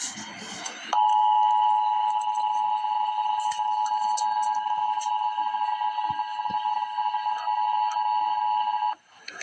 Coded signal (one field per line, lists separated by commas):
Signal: Emergency Alert System (SAME) tones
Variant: 853 and 960 Hz attention tone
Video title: Emergency Alert System - Special Weather Statement - Oct 21, 2025 at 5:26 PM EDT